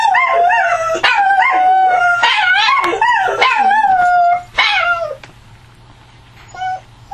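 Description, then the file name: Dog howling and whining in wavering, sliding tones, broken by sharp yips and barks, fading to quieter whimpers near the end. "Howl Bark Whine"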